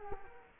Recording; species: mosquito wingbeat signal from an infrared sensor; Culex quinquefasciatus